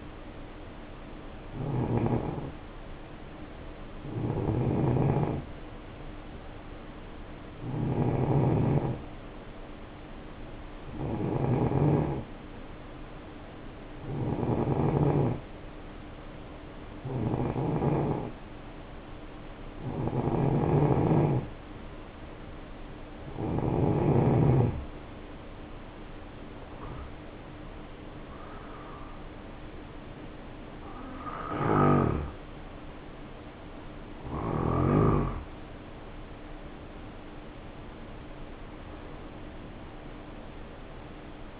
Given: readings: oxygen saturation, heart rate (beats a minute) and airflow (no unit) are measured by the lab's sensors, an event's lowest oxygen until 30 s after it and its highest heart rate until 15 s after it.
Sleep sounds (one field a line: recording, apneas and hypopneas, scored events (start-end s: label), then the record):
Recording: breathing in sleep by a voice recorder at the bedside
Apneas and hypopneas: 1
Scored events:
14.00-31.40 s: hypopnea (N2, oxygen 91% highest, then 90% lowest, heart rate 65 at the start, 71 highest)
14.00-41.60 s: new sleep stage, N1 (lightest sleep)
From the record:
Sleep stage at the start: N2 (light sleep)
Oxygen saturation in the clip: 90 to 91%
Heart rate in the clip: 57 to 71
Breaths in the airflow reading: 12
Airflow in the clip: -6.8 to 7.5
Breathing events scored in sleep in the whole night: 520 in 7.2 hours asleep